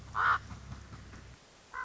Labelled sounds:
Common Raven

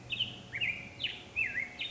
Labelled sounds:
Black-headed Grosbeak

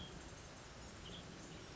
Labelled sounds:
Western Tanager

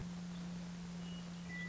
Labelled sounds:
Western Meadowlark

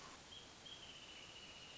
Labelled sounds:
Wrentit

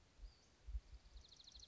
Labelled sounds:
Western Flycatcher

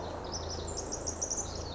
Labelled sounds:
Pacific Wren

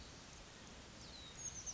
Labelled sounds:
Oak Titmouse

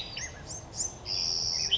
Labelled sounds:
Western Flycatcher

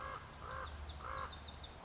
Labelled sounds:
Common Raven

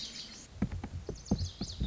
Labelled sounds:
Lazuli Bunting

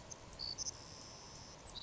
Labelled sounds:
Savannah Sparrow

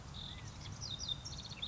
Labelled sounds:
California Quail

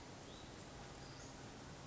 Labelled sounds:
Western Flycatcher

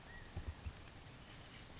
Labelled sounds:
California Quail

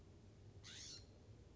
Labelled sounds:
California Scrub-Jay

